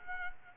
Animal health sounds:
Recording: mosquito wingbeat signal from an infrared sensor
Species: Culex quinquefasciatus

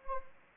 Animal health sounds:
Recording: mosquito wingbeat signal from an infrared sensor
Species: Anopheles arabiensis

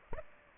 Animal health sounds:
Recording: mosquito wingbeat signal from an infrared sensor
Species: Aedes aegypti

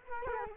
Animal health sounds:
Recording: mosquito wingbeat signal from an infrared sensor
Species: Culex quinquefasciatus

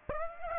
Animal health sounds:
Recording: mosquito wingbeat signal from an infrared sensor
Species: Aedes aegypti

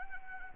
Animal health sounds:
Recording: mosquito wingbeat signal from an infrared sensor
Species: Anopheles arabiensis

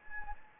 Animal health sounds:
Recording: mosquito wingbeat signal from an infrared sensor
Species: Anopheles gambiae

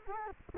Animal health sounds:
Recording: mosquito wingbeat signal from an infrared sensor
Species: Culex quinquefasciatus

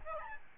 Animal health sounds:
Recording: mosquito wingbeat signal from an infrared sensor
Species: Aedes albopictus

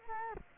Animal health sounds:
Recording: mosquito wingbeat signal from an infrared sensor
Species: Culex quinquefasciatus

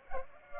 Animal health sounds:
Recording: mosquito wingbeat signal from an infrared sensor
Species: Culex pipiens

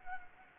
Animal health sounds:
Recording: mosquito wingbeat signal from an infrared sensor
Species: Anopheles gambiae

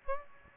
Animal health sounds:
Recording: mosquito wingbeat signal from an infrared sensor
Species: Aedes aegypti

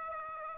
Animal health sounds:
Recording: mosquito wingbeat signal from an infrared sensor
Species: Aedes aegypti

